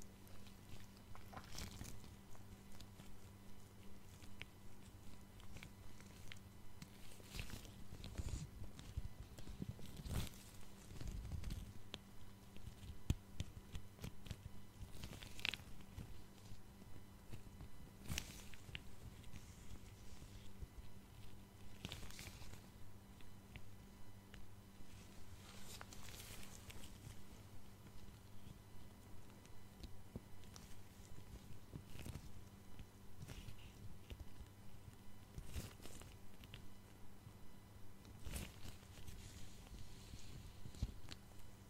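Gloved hands and tweezers touch and tap at a face, making soft rustling, brushing scrapes and small clicks. Sharp taps land every few seconds, clustered around the tenth second and recurring to the end. A low steady hum runs underneath throughout.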